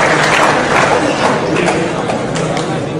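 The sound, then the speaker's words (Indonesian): An audience breaks into steady, loud applause for a band, dense overlapping claps forming a continuous crackling wash that holds evenly for the whole three seconds with no voices standing out. “Oke, tepuk tangan untuk … dan calon yang nyata, calon calon ….”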